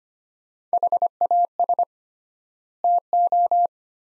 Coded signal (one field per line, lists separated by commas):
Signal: Morse code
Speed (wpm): 25 wpm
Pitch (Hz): 700 Hz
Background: none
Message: HAS TO